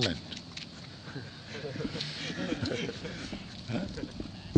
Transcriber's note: laughter